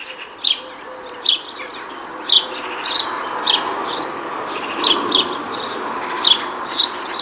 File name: Passer domesticus